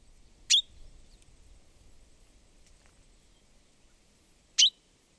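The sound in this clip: Common chaffinch uttering two brief, sharp high call notes about four seconds apart in an otherwise quiet setting.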